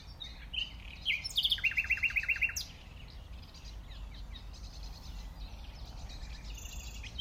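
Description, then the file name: Common nightingale song: brief high chips, then a fast series of several loud, repeated, down-slurred notes, then quieter bird calls and steady background hiss. "Luscinia megarhynchos"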